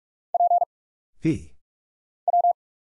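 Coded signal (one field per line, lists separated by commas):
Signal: Morse code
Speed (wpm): 45 wpm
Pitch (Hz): 700 Hz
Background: none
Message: P W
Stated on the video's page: Head-copy drill of random letters, numbers, punctuation and prosigns at 45 wpm, sent, spoken after a very short gap, then sent again.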